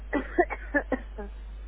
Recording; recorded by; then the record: voluntary cough; telephone call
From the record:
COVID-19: positive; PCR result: checked with the laboratory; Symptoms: yes